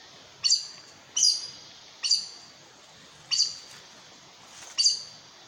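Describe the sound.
Aracari calls: five sharp, high, squeaky notes at uneven intervals of about a second, over a steady hiss.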